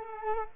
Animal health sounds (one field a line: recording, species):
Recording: mosquito wingbeat signal from an infrared sensor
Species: Culex quinquefasciatus